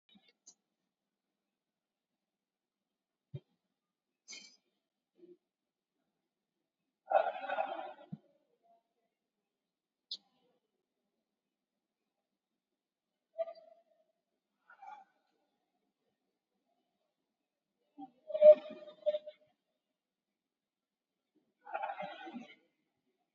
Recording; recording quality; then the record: deep breathing; moderate, slight background noise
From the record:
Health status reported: COVID-19 positive, moderate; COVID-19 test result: positive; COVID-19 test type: RT-PCR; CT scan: taken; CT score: 15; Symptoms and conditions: cough, cold, fever, muscle pain, loss of smell and taste, diarrhoea, another condition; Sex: male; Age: 55 years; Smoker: no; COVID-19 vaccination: none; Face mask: worn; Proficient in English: yes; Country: India